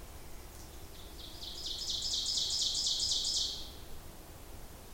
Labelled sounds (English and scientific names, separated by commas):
Ovenbird (Seiurus aurocapilla) song